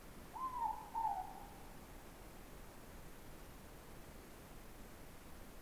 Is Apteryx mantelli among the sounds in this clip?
no